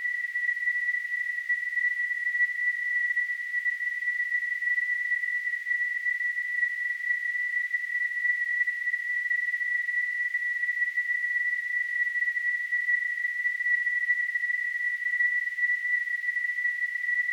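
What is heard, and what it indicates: Simulated tinnitus: a steady, continuous high-pitched tone at about 2 kHz, unchanging in pitch and loudness throughout.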